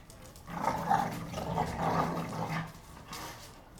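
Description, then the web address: Pit bull growling, a deep ragged snarl swelling and easing. Two pit bulls named Tessa and Bahko recorded fighting. "NS Studios - ultra sound collection animals dogs - Pit bull Tessa Pit bull Bahko fight"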